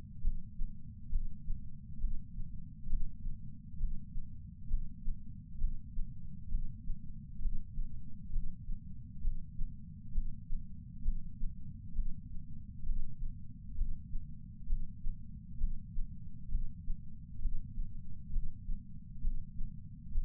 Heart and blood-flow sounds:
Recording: heart sounds by patch sensor on the chest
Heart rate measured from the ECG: 66 bpm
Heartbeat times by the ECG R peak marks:
0.20 s: heartbeat
1.08 s: heartbeat
1.97 s: heartbeat
2.86 s: heartbeat
3.76 s: heartbeat
4.67 s: heartbeat
5.57 s: heartbeat
6.48 s: heartbeat
7.38 s: heartbeat
8.29 s: heartbeat
9.20 s: heartbeat
10.11 s: heartbeat
11.01 s: heartbeat
11.92 s: heartbeat
12.82 s: heartbeat
13.74 s: heartbeat
14.65 s: heartbeat
15.57 s: heartbeat
16.48 s: heartbeat
17.38 s: heartbeat
18.29 s: heartbeat
19.20 s: heartbeat
20.11 s: heartbeat
From the record:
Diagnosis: coronary artery disease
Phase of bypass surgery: intraoperative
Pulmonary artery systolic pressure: 16 mmHg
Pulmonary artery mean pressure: 11 mmHg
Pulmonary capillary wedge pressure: 10 mmHg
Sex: female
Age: 58 years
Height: 155 cm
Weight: 55 kg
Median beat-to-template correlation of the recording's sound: 0.75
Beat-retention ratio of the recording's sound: 0.98

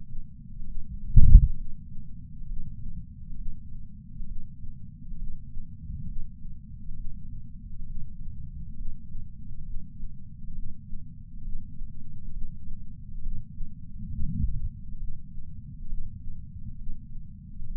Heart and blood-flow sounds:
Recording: heart sounds by patch sensor on the chest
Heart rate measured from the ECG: 67 bpm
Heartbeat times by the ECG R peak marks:
0.64 s: heartbeat
1.55 s: heartbeat
2.46 s: heartbeat
3.35 s: heartbeat
4.26 s: heartbeat
5.17 s: heartbeat
6.06 s: heartbeat
6.94 s: heartbeat
7.85 s: heartbeat
8.75 s: heartbeat
9.63 s: heartbeat
10.53 s: heartbeat
11.42 s: heartbeat
12.31 s: heartbeat
13.21 s: heartbeat
14.09 s: heartbeat
14.98 s: heartbeat
15.87 s: heartbeat
16.76 s: heartbeat
17.65 s: heartbeat
From the record:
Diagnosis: coronary artery disease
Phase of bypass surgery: preoperative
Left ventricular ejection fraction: 49.7%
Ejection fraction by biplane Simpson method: 49.4%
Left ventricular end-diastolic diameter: 55 mm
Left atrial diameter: 34 mm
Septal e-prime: 3.2 cm/s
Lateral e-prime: 4.4 cm/s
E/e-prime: 15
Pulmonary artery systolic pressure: 25 mmHg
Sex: female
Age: 70 years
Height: 152 cm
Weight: 65 kg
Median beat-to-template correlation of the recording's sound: 0.92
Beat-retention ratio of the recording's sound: 0.97

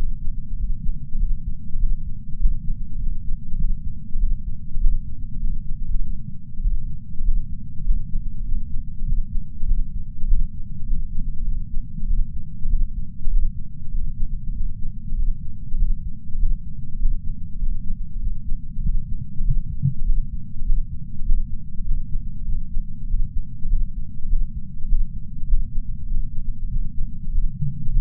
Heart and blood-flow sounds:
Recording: heart sounds by patch sensor on the chest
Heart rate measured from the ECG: 99 bpm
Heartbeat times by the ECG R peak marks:
0.56 s: heartbeat
1.18 s: heartbeat
1.78 s: heartbeat
2.38 s: heartbeat
2.98 s: heartbeat
3.57 s: heartbeat
4.18 s: heartbeat
4.79 s: heartbeat
5.39 s: heartbeat
5.82 s: heartbeat
6.62 s: heartbeat
7.23 s: heartbeat
7.83 s: heartbeat
8.44 s: heartbeat
9.05 s: heartbeat
9.66 s: heartbeat
10.26 s: heartbeat
10.86 s: heartbeat
11.44 s: heartbeat
12.06 s: heartbeat
12.68 s: heartbeat
13.29 s: heartbeat
13.91 s: heartbeat
14.52 s: heartbeat
15.15 s: heartbeat
15.77 s: heartbeat
16.38 s: heartbeat
16.97 s: heartbeat
17.58 s: heartbeat
18.19 s: heartbeat
18.82 s: heartbeat
19.43 s: heartbeat
20.04 s: heartbeat
20.64 s: heartbeat
21.24 s: heartbeat
21.83 s: heartbeat
22.44 s: heartbeat
23.06 s: heartbeat
23.68 s: heartbeat
24.27 s: heartbeat
24.87 s: heartbeat
25.46 s: heartbeat
26.06 s: heartbeat
26.68 s: heartbeat
27.30 s: heartbeat
27.91 s: heartbeat
From the record:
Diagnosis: coronary artery disease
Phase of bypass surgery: postoperative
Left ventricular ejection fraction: 64%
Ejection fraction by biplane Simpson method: 61.7%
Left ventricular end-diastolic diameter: 46 mm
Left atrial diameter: 31 mm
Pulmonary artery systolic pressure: 30 mmHg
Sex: male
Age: 43 years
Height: 177 cm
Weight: 75 kg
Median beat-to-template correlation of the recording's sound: 0.76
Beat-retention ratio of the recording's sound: 0.99

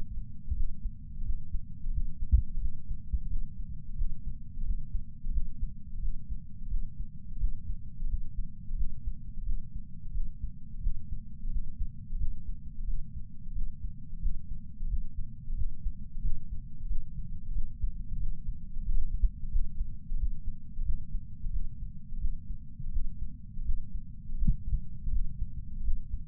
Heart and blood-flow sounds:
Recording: heart sounds by patch sensor on the chest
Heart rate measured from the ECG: 88 bpm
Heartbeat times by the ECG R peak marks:
0.54 s: heartbeat
1.23 s: heartbeat
1.91 s: heartbeat
2.59 s: heartbeat
3.28 s: heartbeat
3.95 s: heartbeat
4.63 s: heartbeat
5.31 s: heartbeat
6.00 s: heartbeat
6.68 s: heartbeat
7.38 s: heartbeat
8.06 s: heartbeat
8.75 s: heartbeat
9.43 s: heartbeat
10.12 s: heartbeat
10.80 s: heartbeat
11.49 s: heartbeat
12.17 s: heartbeat
12.85 s: heartbeat
13.53 s: heartbeat
14.19 s: heartbeat
14.87 s: heartbeat
15.54 s: heartbeat
16.21 s: heartbeat
16.87 s: heartbeat
17.52 s: heartbeat
18.17 s: heartbeat
18.83 s: heartbeat
19.50 s: heartbeat
20.16 s: heartbeat
20.83 s: heartbeat
21.50 s: heartbeat
22.19 s: heartbeat
22.90 s: heartbeat
23.63 s: heartbeat
24.36 s: heartbeat
25.10 s: heartbeat
25.82 s: heartbeat
From the record:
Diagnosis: coronary artery disease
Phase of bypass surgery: postoperative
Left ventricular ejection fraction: 48.9%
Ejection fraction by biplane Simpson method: 50.6%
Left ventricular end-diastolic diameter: 48 mm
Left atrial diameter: 31 mm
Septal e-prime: 7.6 cm/s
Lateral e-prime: 9.6 cm/s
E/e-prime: 6.6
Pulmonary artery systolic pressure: 23 mmHg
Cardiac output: 5.5 L/min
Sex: male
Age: 60 years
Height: 174 cm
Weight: 72 kg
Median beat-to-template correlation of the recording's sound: 0.83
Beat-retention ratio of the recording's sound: 0.99

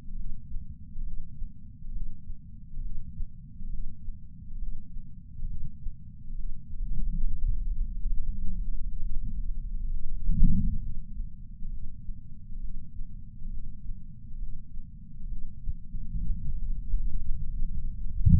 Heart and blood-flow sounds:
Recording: heart sounds by patch sensor on the chest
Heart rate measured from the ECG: 68 bpm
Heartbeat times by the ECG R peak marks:
0.16 s: heartbeat
1.03 s: heartbeat
1.92 s: heartbeat
2.81 s: heartbeat
3.70 s: heartbeat
4.59 s: heartbeat
5.47 s: heartbeat
6.35 s: heartbeat
7.23 s: heartbeat
8.10 s: heartbeat
9.00 s: heartbeat
9.90 s: heartbeat
10.80 s: heartbeat
11.70 s: heartbeat
12.60 s: heartbeat
13.50 s: heartbeat
14.39 s: heartbeat
15.28 s: heartbeat
16.16 s: heartbeat
17.05 s: heartbeat
17.92 s: heartbeat
From the record:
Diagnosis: coronary artery disease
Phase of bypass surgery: preoperative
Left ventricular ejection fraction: 52.3%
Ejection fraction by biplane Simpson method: 38%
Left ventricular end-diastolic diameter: 62 mm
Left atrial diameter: 45 mm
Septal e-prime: 4 cm/s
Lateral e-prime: 7 cm/s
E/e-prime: 12.2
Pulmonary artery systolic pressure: 24 mmHg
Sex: male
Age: 61 years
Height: 174 cm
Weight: 80 kg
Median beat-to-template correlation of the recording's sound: 0.91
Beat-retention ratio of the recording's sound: 0.97

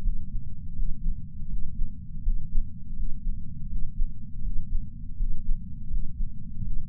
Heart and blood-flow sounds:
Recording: heart sounds by patch sensor on the chest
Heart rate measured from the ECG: 82 bpm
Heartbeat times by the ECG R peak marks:
0.01 s: heartbeat
0.75 s: heartbeat
1.48 s: heartbeat
2.22 s: heartbeat
2.95 s: heartbeat
3.68 s: heartbeat
4.42 s: heartbeat
5.16 s: heartbeat
5.89 s: heartbeat
6.63 s: heartbeat
From the record:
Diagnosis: coronary artery disease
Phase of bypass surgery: postoperative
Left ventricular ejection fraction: 59.1%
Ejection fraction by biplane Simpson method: 55%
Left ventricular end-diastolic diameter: 46 mm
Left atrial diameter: 34 mm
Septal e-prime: 8 cm/s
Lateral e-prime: 6.5 cm/s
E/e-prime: 8.7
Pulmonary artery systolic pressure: 22 mmHg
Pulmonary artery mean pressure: 11 mmHg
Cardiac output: 4.38 L/min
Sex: male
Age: 58 years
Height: 160 cm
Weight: 70 kg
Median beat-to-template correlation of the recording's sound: 0.85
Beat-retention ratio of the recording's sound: 0.99

